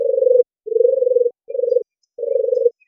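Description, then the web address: European turtle dove purring: four low, soft, throbbing rolled phrases, each about half a second, repeated with short pauses between them. "Streptopelia turtur"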